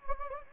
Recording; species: mosquito wingbeat signal from an infrared sensor; Anopheles gambiae